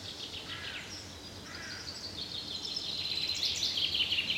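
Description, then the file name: Common chaffinch song: a fast run of notes that drops in pitch toward the end, after a few fainter notes earlier. "Fringilla coelebs"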